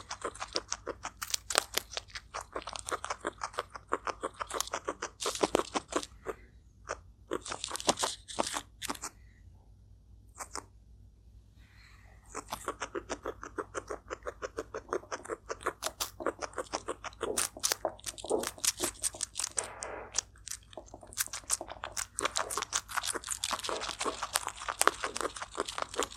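A turtle eats, producing rapid, dense bursts of crisp crunching and clicking bites. The chewing runs in busy stretches with brief pauses near 6, 9 and 11 seconds before resuming steadily, over a faint low hum.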